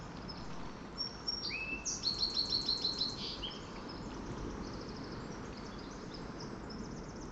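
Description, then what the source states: Sparrow song: thin high whistled notes, a lower whistle, then a fast run of repeated bright notes, over steady low background noise. Distant sparrow singing near ocean shores.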